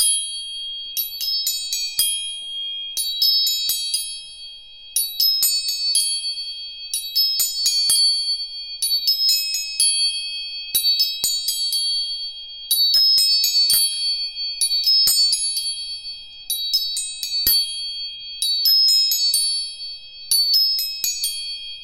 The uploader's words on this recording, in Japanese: 音叉チューニング全体性。